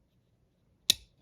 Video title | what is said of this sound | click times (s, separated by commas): Knife Review - Brian Brown Yeager M | locked back into place | 0.9 s